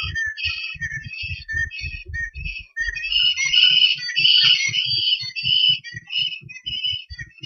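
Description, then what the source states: Bird song of whistled notes repeated in quick phrases, with steady low thumping pulses running underneath throughout. Recorded at Blayney in 2013.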